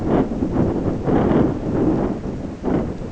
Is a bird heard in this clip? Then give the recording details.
no. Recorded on Arctic tundra, site ZACK-1, on 16 June 2019. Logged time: 07:49